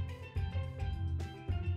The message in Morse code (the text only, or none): none